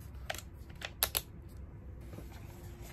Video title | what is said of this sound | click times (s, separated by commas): DRILL BIT KEEPS SLIPPING | And make sure you hear that clicking sound when you tighten your chuck. That way you know it's tight. | 1.0 s, 1.2 s